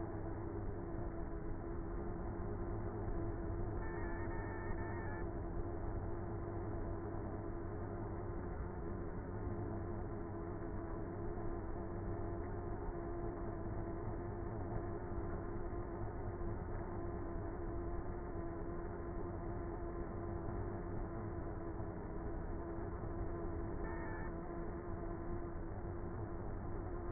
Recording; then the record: honeybee colony, microphone inside the hive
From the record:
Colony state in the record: queenless with a low population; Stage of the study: before two queens were removed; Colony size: about 30,000 bees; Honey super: no